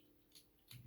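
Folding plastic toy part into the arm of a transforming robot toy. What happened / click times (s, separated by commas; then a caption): The plastic toy part snapped into place / 0.7 s. A plastic part on a Transformers toy is folded in against the peg port on the robot's arm and snaps into place. A short, sharp snap is heard at 0.7 s, preceded by a faint tick at around 0.4 s over a quiet background. The part is seated.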